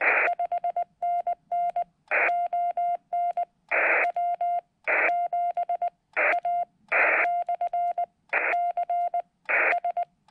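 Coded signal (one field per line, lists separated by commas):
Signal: Morse code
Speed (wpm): 19 wpm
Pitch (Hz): 700 Hz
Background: none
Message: 5NN ON W7A/CS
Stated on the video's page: CW contacts during a Summits on the Air activation, working the ham bands and seeking summit-to-summit contacts.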